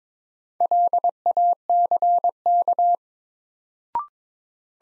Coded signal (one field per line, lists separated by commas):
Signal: Morse code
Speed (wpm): 22 wpm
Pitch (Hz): 700 Hz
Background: none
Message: LACK